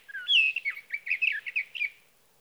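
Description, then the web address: Sage thrasher song, a rushed, run-on sequence of warbled, burry and whistled notes lasting about two seconds, then quiet. "birdsongforthecurious Sage Thrasher"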